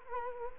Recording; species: mosquito wingbeat signal from an infrared sensor; Culex quinquefasciatus